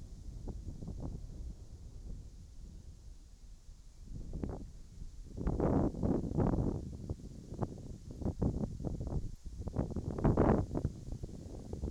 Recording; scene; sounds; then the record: everyday scene through a hearing-aid microphone; wind on the microphone; wind, whistling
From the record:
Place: in front of a rural house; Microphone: in the ear canal, right